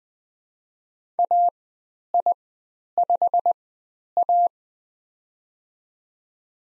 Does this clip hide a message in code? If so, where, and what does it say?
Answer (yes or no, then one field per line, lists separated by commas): yes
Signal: Morse code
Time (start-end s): 1.2-4.5 s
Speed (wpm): 20 wpm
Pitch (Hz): 700 Hz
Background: none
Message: AI5A